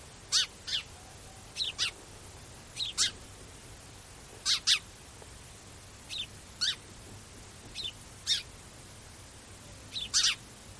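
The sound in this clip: Bird giving brief, sharp descending chirps, often doubled, repeated irregularly every one to two seconds against faint background hiss.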